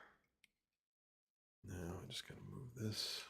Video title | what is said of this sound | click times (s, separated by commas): Hope you like math... - Mondays #34 | hear it click all right | 0.4 s